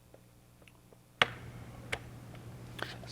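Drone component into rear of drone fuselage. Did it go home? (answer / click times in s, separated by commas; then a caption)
yes / 1.2 s. A part is fitted into the back of a small hand-launched drone's fuselage during assembly. Over a steady low hum and a few faint ticks, a sharp snap at 1.2 s marks the part popping into place, followed by softer clicks. The part is seated.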